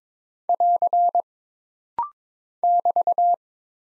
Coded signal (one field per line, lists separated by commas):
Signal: Morse code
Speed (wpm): 23 wpm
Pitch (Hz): 700 Hz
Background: none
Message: <AR> <BT>